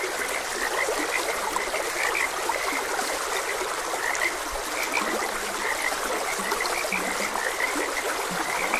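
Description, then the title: Repeated short frog croaks, with several low drawn-out notes in the second half, heard over a continuously flowing stream. Frogs croaking beside a gentle stream. "Gentle Stream and Frogs Croaking"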